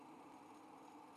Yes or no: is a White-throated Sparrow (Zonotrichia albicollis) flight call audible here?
no